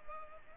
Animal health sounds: mosquito wingbeat signal from an infrared sensor; Culex pipiens

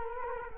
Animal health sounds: mosquito wingbeat signal from an infrared sensor; Culex quinquefasciatus

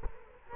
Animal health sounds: mosquito wingbeat signal from an infrared sensor; Culex quinquefasciatus

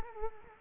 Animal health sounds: mosquito wingbeat signal from an infrared sensor; Culex quinquefasciatus

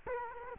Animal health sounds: mosquito wingbeat signal from an infrared sensor; Culex quinquefasciatus

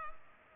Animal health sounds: mosquito wingbeat signal from an infrared sensor; Culex pipiens

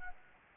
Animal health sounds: mosquito wingbeat signal from an infrared sensor; Anopheles gambiae

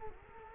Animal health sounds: mosquito wingbeat signal from an infrared sensor; Culex quinquefasciatus

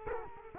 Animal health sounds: mosquito wingbeat signal from an infrared sensor; Culex quinquefasciatus

